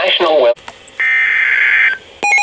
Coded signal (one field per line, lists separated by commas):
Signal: Emergency Alert System (SAME) tones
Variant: header bursts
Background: speech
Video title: 12/16/2020: Tornado Warning (Confirmed Tornado) and Special Marine Warnings (EAS #229-235)